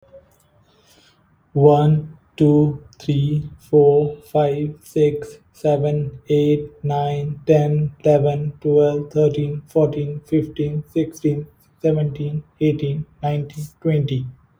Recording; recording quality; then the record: counting at a normal pace; excellent, no background noise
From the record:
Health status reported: healthy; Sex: male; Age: 32 years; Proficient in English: yes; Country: India